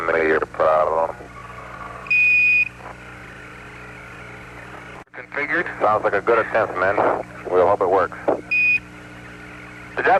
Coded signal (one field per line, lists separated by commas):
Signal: Quindar tones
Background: speech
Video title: Beep Beep Beep - NASAs recognition of objects entering and exiting frames Quindar Tones Moon TV